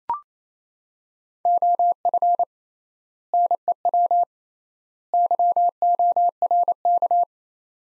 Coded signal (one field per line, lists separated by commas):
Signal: Morse code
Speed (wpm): 28 wpm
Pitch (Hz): 700 Hz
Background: none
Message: OF NEW YORK